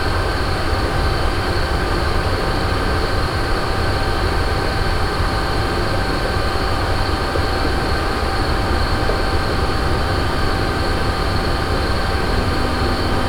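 A wastewater treatment plant at night, heard as a constant machine drone that never lets up. Deep rumbling churn sits underneath steady humming tones and a thin high whine, all at an even level for the whole stretch, with no separate events standing out.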